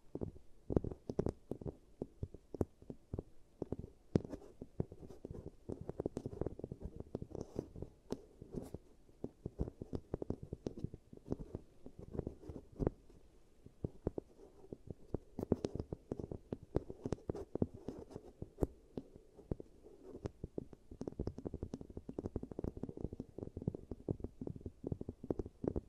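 ASMR giant teeth treatment: a dense, unbroken run of wet, squelchy clicks and taps fills all 26 seconds. The sounds sit mostly low and thick, with occasional sharp, brighter snaps, and the pace stays busy and irregular without real pauses.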